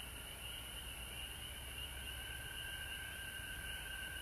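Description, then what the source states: Frog chorus, a steady unbroken trilling drone at two pitches, middle and higher, lasting throughout over a constant high hiss. Recorded at home in Georgia on March 19, 2020.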